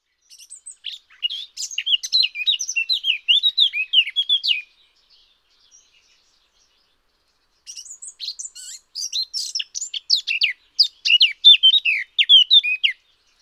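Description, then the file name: Eurasian blackcap song, a fast warbling run of varied high chirps and whistled notes, pausing for about three seconds before a second similar outburst. "sylvia atricapilla"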